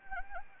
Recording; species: mosquito wingbeat signal from an infrared sensor; Anopheles gambiae